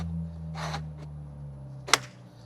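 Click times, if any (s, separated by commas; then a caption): 1.9 s. The plastic retaining ring on a pool cartridge filter housing's tank lid is rotated, with a low steady hum and brief rubbing scrapes beforehand. A sharp click at 1.9 s marks the ring locking into place, seated.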